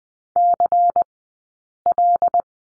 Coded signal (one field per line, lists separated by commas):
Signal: Morse code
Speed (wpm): 19 wpm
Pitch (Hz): 700 Hz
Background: none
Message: CL